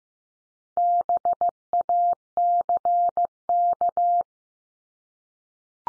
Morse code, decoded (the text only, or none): BACK